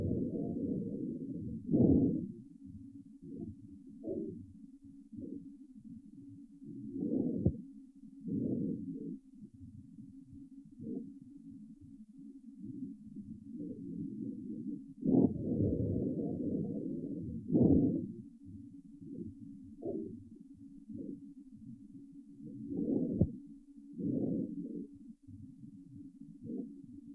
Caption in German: Bei gesunden, erwachsenen Pferden ist das nur inspiratorisch hörbare, leise, vesikuläre Atemgeräusch oft von Stör- oder Darmgeräuschen überlagert und bei flacher Atmung kaum hörbar.